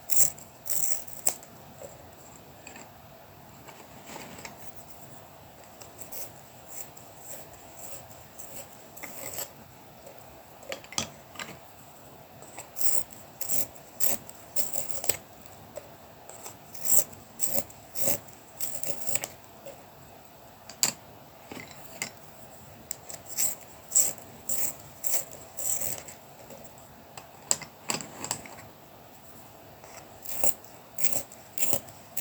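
Colouring pencils scratch and rub across paper in short, dry strokes that come in irregular bursts throughout, busiest around 15–19 and 22–27 seconds. The strokes are bright and raspy, with quieter pauses between them over a faint steady hum.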